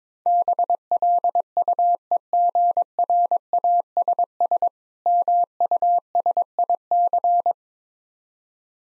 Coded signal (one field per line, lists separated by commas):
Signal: Morse code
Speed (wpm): 22 wpm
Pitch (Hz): 700 Hz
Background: none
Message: BLUEGRASS MUSIC